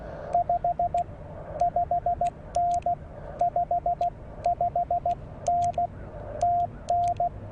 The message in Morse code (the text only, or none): 55N 55N TN